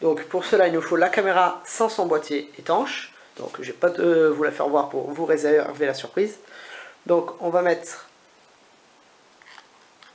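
Someone talks for about eight seconds while positioning a plastic clip on the waterproof housing of a TecTecTec Xpro2 action camera. Faint handling ticks follow around 9.4, 9.6 and 10.0 seconds as the clip is lined up. It has not yet clicked into place.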